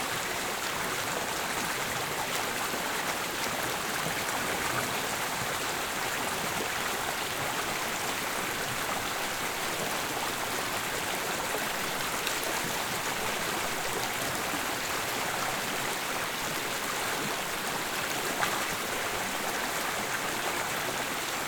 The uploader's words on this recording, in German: Die Aufnahmen zu dieser Sendung entstanden in Wien Ottakring, im oberösterreichischen Hausruckviertel, in Ober- und Mittelkärnten sowie an der slowenischen Küste. Rauschenden Bächen.